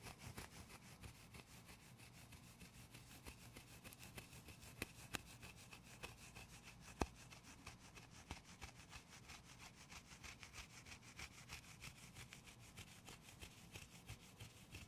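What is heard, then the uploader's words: Gentle tapping and scratching runs steadily through the whole clip, a dense stream of quick, dry strokes with a rasping, sawing texture. One sharper tap stands out near the seven-second mark, and a faint low hum sits underneath throughout. ASMR medium gentle tapping and scratching.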